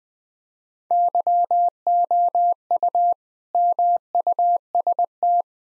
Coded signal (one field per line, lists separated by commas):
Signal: Morse code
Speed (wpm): 20 wpm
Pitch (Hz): 700 Hz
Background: none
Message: YOU MUST